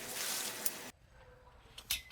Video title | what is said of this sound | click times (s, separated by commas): GarveeLife Pop Up Tent First Impressions and Set Up | So, you'll hear that click and you know it's in place. | 1.9 s